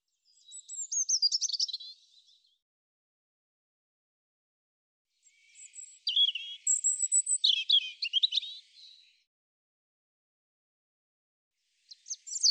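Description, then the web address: European robin singing two high, warbling phrases separated by a pause, with quick sliding notes and brief trills, and the start of a third at the end. "cianscape birddata Deverinetal 2025 Bird Er Ru"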